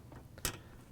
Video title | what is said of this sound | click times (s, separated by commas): How To: Whirlpool/KitchenAid/Maytag Sound Dampening Ring WP63134 | So get the wires in there and press it together to lock it. | 0.5 s